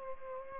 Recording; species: mosquito wingbeat signal from an infrared sensor; Culex pipiens